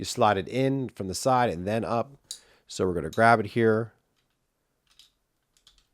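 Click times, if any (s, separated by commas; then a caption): 5.7 s. Someone talks for about four seconds while a metal (silver) housing cover is slid in from the side and then pushed up onto the body of a 2022–2026 BMW X3 key fob after a CR2032 battery replacement. After a quiet stretch, a few faint, sharp clicks are heard, and the cover clicks home and latches at 5.7 s.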